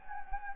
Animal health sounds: mosquito wingbeat signal from an infrared sensor; Anopheles gambiae

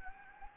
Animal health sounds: mosquito wingbeat signal from an infrared sensor; Anopheles gambiae

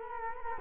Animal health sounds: mosquito wingbeat signal from an infrared sensor; Culex quinquefasciatus

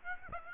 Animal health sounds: mosquito wingbeat signal from an infrared sensor; Aedes aegypti

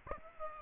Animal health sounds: mosquito wingbeat signal from an infrared sensor; Aedes aegypti

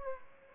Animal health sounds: mosquito wingbeat signal from an infrared sensor; Aedes aegypti

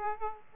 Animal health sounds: mosquito wingbeat signal from an infrared sensor; Aedes aegypti

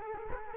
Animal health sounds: mosquito wingbeat signal from an infrared sensor; Culex quinquefasciatus

